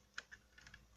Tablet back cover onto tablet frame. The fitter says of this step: mu diye. Tam oturmuyor.